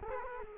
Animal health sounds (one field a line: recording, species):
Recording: mosquito wingbeat signal from an infrared sensor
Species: Culex quinquefasciatus